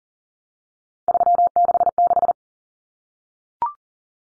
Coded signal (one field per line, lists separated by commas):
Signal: Morse code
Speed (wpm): 40 wpm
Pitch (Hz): 700 Hz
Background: none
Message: 366